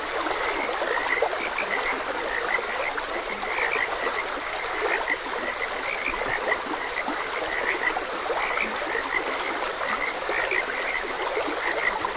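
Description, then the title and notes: Frogs in a steady croaking chorus, short bright notes repeating over and over throughout, above the constant rushing hiss of flowing water. Frogs croaking beside a gentle stream. "Frogs Croaking. Sleep and Relaxation Podcast"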